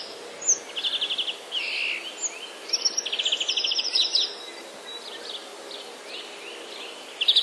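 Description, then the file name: European greenfinch singing quick rattling trills and twittered phrases in bursts, with short pauses between them and constant background noise. Recorded on 24 March 2012. "dzwoniec 24 03 2012"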